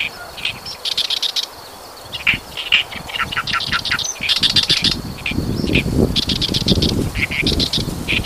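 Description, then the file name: Oriental reed warbler singing loud, grating, croaking phrases in rapid bursts of harsh repeated notes, with pauses between, over a low rumbling background. "ooyosikiri"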